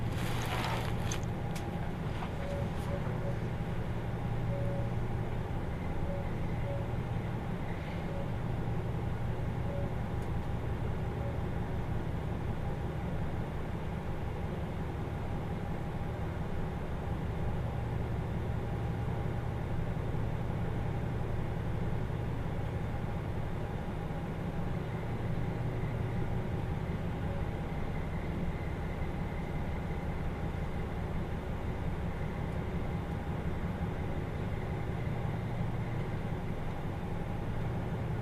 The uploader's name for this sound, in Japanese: 豊肥本線 九州横断特急3号 立野→宮地